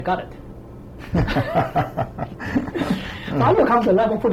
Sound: mutual laughter